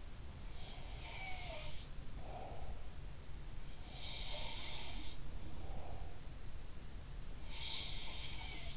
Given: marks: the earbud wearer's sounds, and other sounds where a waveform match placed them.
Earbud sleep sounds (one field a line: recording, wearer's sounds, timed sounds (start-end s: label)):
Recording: sounds in sleep by an in-ear microphone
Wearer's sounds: breath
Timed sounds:
0.44-1.94 s: sound from someone else or the room
2.12-2.87 s: breath
3.94-5.24 s: sound from someone else or the room
5.35-6.24 s: breath
7.37-8.77 s: sound from someone else or the room